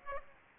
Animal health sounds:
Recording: mosquito wingbeat signal from an infrared sensor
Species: Aedes aegypti

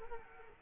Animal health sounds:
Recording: mosquito wingbeat signal from an infrared sensor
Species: Culex quinquefasciatus

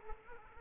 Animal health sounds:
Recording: mosquito wingbeat signal from an infrared sensor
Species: Culex quinquefasciatus

